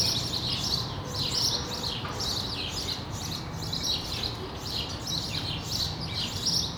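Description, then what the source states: Sparrows chirping without pause, chirps tumbling over one another, backed by a low continuous hum. Sparrows recorded on Rue de l'épargne, Brussels, Belgium, on World Sparrow Day; Lom mikroUši AB microphones into a Deity PR-2 recorder.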